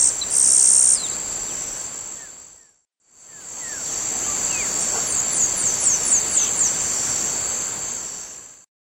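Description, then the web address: Yellow-browed sparrow giving one high, thin buzz at the start over a steady high insect drone, followed by a brief silent gap. Eastern lowlands of South America. "Natures Songs S America Eastern Lowlands. Yellow-browed Sparrow"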